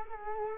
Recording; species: mosquito wingbeat signal from an infrared sensor; Culex quinquefasciatus